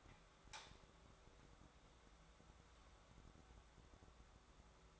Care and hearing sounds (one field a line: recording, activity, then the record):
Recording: daily activity, microphone in the room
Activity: light on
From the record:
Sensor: 3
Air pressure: 1010.2 hPa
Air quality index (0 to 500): 169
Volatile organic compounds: 10 ppm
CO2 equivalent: 2205 ppm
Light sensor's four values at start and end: 48/119/52/58 and 50/126/55/60